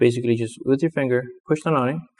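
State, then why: Not seated. Someone talks while a small plastic bracket on an iPhone 5s phone frame, its small square tabs already hooked on, is pushed down with a finger toward a bottom peg or leg during a battery replacement. Only speech is heard, and nothing has seated or clicked yet.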